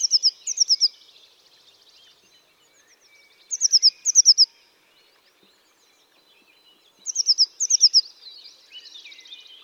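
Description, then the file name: Eurasian blue tit giving bursts of high, thin, slurred notes, three short bursts spaced about three and a half seconds apart, with faint twittering between. "Cyanistes caeruleus"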